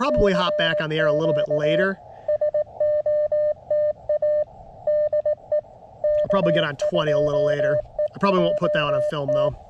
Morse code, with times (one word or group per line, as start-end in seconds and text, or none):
0.1-1.8 CQ
2.3-4.4 SOTA
4.9-5.6 DE
6.0-9.5 K2EJT